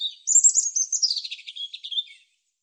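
European robin song, a single high thin phrase of rapid twittering notes starting near the top and sliding lower, lasting about two seconds, then silence.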